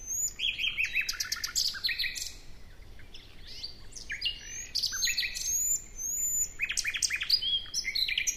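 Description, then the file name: Common nightingale song, a dense run of varied phrases: rising whistles, fast chattering trills and buzzy rattles following one another with brief pauses. "Luscinia megarhynchos"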